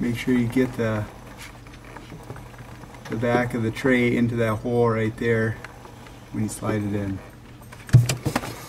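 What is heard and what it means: A replacement plastic ice tray is handled at a Frigidaire refrigerator ice maker assembly, with its back end guided toward the locating hole. Someone talks over a steady low hum, with faint taps and a few sharp handling knocks near the end. Nothing has seated or clicked yet.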